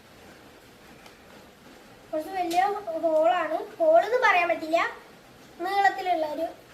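A bracket tab is being handled and set toward the elongated slots on two sides of the unit, where it will lock when pushed from the back. After about two seconds of quiet, someone talks, with pauses, until the end of the clip. Nothing has seated or clicked yet.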